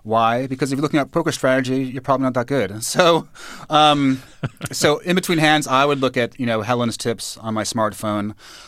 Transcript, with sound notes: Because if you're looking up poker strategy, you're probably not that good. And so (laughter) in between hands I would look at, you know, Helen's tips on my smartphone.